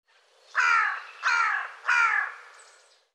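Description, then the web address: Bird giving three harsh, cawing calls, each about half a second long and roughly two-thirds of a second apart, with a quiet background. "cianscape birddata Deverinetal 2025"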